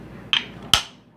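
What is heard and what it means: A magnetic battery cover base plate is clipped onto a vape box mod after the batteries are loaded, and its tight magnetic strip locks it into place. Two sharp, bright snaps are heard at 0.3 s and 0.7 s, and the plate is seated.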